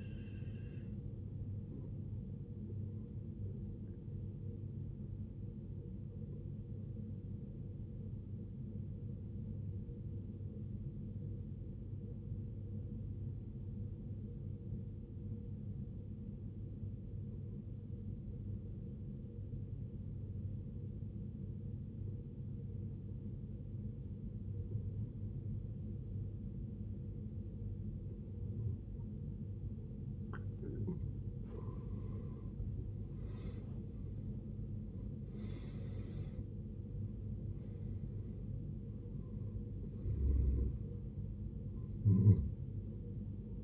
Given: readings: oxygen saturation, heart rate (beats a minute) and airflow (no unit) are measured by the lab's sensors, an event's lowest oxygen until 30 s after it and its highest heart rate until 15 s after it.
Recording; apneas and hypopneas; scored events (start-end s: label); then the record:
breathing in sleep by a smartphone at the bedside; 1
7.00-32.60 s: obstructive apnea (N1, oxygen 94% highest, then 74% lowest, heart rate 62 at the start, 83 highest)
12.00-42.00 s: new sleep stage, N2 (light sleep)
42.00-43.64 s: new sleep stage, N1 (lightest sleep)
From the record:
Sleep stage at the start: N1 (lightest sleep); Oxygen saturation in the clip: 77 to 94%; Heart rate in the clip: 54 to 83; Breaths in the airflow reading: 4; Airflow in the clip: -20.7 to 18.1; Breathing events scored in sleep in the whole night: 389 in 6.3 hours asleep